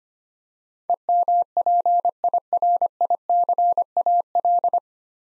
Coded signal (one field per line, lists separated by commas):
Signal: Morse code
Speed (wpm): 25 wpm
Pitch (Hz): 700 Hz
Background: none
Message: EMPIRICAL